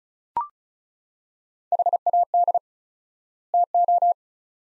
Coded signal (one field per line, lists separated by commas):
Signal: Morse code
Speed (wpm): 36 wpm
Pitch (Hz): 700 Hz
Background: none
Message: HAD TO